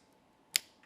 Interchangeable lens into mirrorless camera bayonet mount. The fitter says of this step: We're going to spin the lens until it clicks.